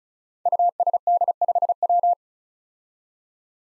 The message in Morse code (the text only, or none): USD5W